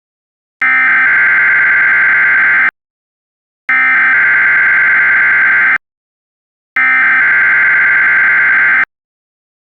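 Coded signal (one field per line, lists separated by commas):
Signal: Emergency Alert System (SAME) tones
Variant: header bursts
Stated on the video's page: Required Weekly Test received at 162.500 MHz from a Holland, OH transmitter; accompanying recreation has accurate SAME headers with TTS voice.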